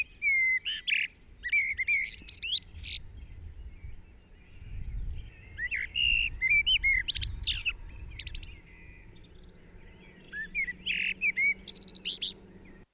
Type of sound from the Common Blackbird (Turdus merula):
song